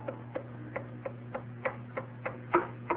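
An old blind lady's walking stick taps steadily down a hallway, about ten sharp, even knocks roughly a third of a second apart, the last couple louder, over a faint steady low hum.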